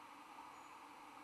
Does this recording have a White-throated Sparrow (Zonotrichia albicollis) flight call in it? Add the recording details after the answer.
no. No flight call is heard. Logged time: 22:36 on 20 December 2014